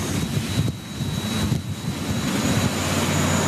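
A speedboat engine drones steadily as the boat speeds away across the water, a low rumbling roar mixed with rushing water and buffeting wind noise, with a thin high whine running through it. No one speaks.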